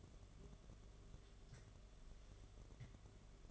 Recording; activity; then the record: daily activity, microphone in the room; take from stove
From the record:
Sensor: 4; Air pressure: 1011.1 hPa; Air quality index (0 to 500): 142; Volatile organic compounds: 3 ppm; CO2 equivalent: 1452 ppm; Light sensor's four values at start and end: 209/545/230/241 and 196/511/216/225